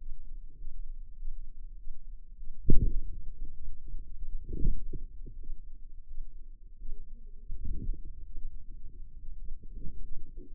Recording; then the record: forearm muscle sounds (acoustic myography)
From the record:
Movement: wrist flexion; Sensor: system 2, bracelet of six BSWA MPA416 microphones around the upper forearm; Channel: 4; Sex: female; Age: 23 years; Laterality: right